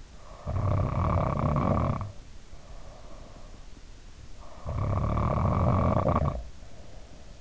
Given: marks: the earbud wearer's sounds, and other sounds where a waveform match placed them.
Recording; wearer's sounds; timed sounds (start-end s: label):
sounds in sleep by an in-ear microphone; snoring breath
0.10-3.49 s: snoring breath
4.32-7.41 s: snoring breath